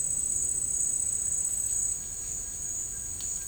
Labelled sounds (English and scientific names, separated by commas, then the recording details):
none
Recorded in dense forest near Puerto Asís, Putumayo, Colombia, on 21 March 2025 at 11:30
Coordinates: 0.485, -76.318
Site G056